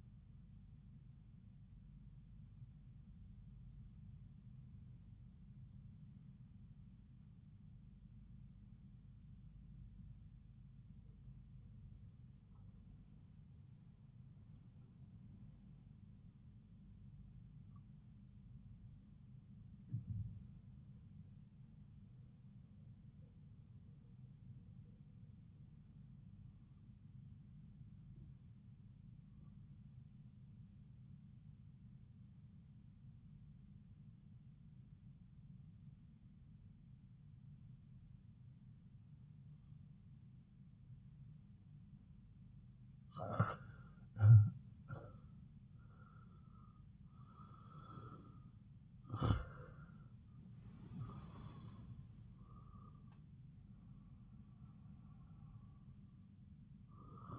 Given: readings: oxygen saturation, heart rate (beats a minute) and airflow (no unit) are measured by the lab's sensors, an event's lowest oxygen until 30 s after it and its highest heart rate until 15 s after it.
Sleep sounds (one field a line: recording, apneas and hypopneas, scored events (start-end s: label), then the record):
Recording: breathing in sleep by a smartphone at the bedside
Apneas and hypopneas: 1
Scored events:
7.00-44.90 s: obstructive apnea (REM, oxygen 96% highest, then 82% lowest)
From the record:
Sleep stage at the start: REM sleep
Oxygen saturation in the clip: 84 to 96%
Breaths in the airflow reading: 4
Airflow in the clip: -8.5 to 8.5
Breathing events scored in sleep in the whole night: 270 in 6.1 hours asleep